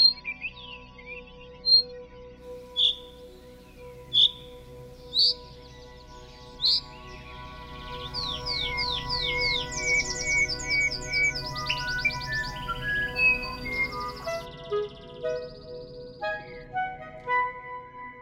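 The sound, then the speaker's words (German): Bird calls in a learned regional call dialect that serve as a substitute for song, with no voices: a string of sharp, evenly spaced chirps, then a quicker run of high, sweeping whistled notes and trills that rise and fall in pitch. “Das sind Rufe, die eigentlich Gesangsersatz darstellen.”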